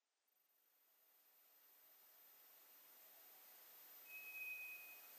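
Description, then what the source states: White's thrush: background hiss fades up, then a White's thrush sounds one brief, thin, level high whistle near the end. Recorded 2 July 2007.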